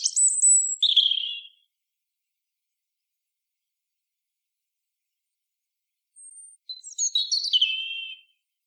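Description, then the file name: European robin song phrases: a bright, high, wavering strophe opens, a pause of several seconds follows, then a second thin, descending twittering phrase; quiet surroundings. "Erithacus rubecula"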